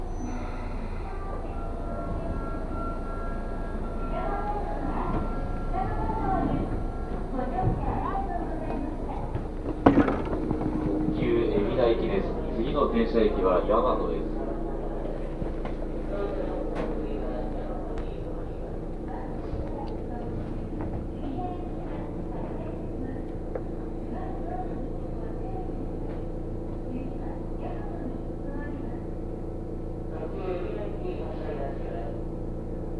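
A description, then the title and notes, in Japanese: Inside a train travelling toward Futamatagawa, a steady low rumble and hum carries faint voices, with a sharp clatter near ten seconds. 耳で楽しむ鉄道旅 武蔵小杉→二俣川→大和。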